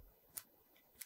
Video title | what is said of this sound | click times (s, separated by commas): BSA Ultra CLX Pro Wilderness Edition Review - Range and Country | ball bearing ident on there is very positive. You can hear it click as well. | 0.4 s, 1.0 s